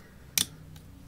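An Olight Magicshine 180-lumen bicycle tail light is pushed into a second plastic handlebar mount, the same style as a bike computer mount. It seats with one loud, sharp click at 0.4 s, followed by a faint tick at 0.8 s. The light fits securely, so it is unlikely to fall off.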